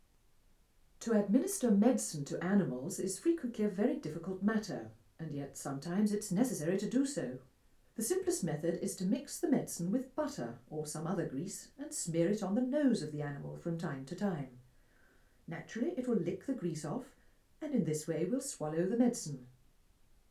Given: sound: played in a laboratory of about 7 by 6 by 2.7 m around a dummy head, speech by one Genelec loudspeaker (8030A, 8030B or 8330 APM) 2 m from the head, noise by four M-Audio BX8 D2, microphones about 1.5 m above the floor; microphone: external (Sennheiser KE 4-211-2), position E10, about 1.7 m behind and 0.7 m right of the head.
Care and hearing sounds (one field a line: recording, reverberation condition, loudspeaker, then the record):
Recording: female speech in English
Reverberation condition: low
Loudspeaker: 150 degrees to the left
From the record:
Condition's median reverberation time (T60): about 310 ms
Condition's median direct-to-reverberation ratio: about 3.5 dB